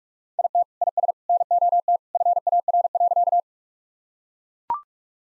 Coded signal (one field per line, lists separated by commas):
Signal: Morse code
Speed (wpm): 42 wpm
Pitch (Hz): 700 Hz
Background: none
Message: IT IS NOT FAR.